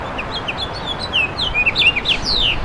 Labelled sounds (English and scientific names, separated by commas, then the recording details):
House Finch (Haemorhous mexicanus) song
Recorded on Long Island, New York, on 9 June 2012
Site EF
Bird A